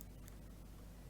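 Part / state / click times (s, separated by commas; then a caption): metal battery retaining clip in a digital watch module / not seated / none. A new coin cell has been slid under the metal battery retaining clip of a Casio W-753 digital watch module, and the clip is being pushed down with a thumb so it hooks back in. Only faint handling is heard, with brief light ticks near 0.0 and 0.3 seconds over a low steady background hum. Nothing has seated or clicked yet.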